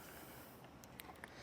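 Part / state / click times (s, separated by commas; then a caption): pivot latch of a hitch-mounted bike rack / seated / 1.0 s. A tilted-down steel Yakima OnRamp LX hitch-mounted bike rack for two electric bikes, fitted on a 2023 Thor Gemini motorhome, is lifted back up to its upright position. Three short, sharp hits sound at about 0.8, 1.0 and 1.2 seconds over a steady low background, with the sharpest and loudest at 1.0 seconds. At 1.0 seconds the pivot latch clicks into place and the rack is seated upright.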